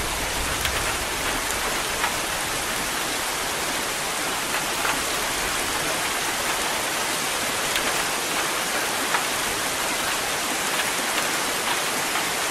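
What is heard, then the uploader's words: Rain falls in a steady, dense hiss that stays even from start to finish, bright with many fine drops blending together. Occasional slightly louder spatters stand out briefly, and a faint low rumble sits underneath without any distinct thunderclap. Rain and Thunder.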